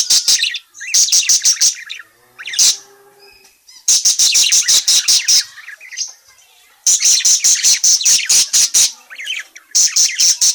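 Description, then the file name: Parakeet calls: bursts of rapid shrill chirps alternating with quieter stretches of soft twittering and chatter. Calling parakeet, described as gacor, meaning in full, lively voice. "suara burung parkit gacor memanggil"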